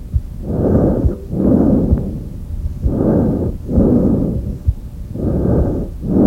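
Normal tracheal breath sounds heard by stethoscope over the extrathoracic portion of the trachea in an adult: very loud, very high-pitched, with a harsh, hollow quality; the expiratory phase is slightly longer than the inspiratory phase. Breathing at about 25 breaths per minute.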